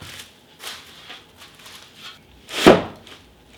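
A click-lock laminate floor board is handled and pressed into the joint of the neighbouring board, with a series of soft taps and rustles and one louder, broadband thump near 2.7 seconds. Nothing has seated or clicked into place yet.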